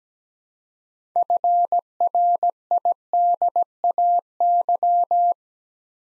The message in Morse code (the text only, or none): FRIDAY